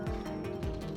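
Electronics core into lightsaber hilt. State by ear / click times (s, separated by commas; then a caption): not seated / none. An electronics core, lined up with the ignition switch, is pushed back into a metal lightsaber hilt. A steady tonal hum runs under scraping handling noises, with a brief louder burst at about 0.6 s. Nothing has seated or clicked yet.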